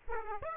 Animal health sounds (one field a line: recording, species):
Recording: mosquito wingbeat signal from an infrared sensor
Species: Aedes aegypti